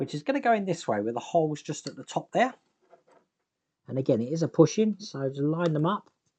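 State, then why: Not seated. Someone talks while lining up a plastic cover panel, with its holes at the top, to push it into the firewall frame of a scale model Ferrari 250 GTO car. A faint tick is heard near 2.9 s during a pause, but nothing has seated or clicked yet. The panel is still being handled when the clip ends.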